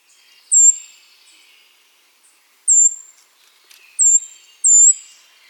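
Brown creeper giving thin, very high, slightly descending notes, four of them spaced irregularly over a few seconds, with faint softer chips and a quiet background.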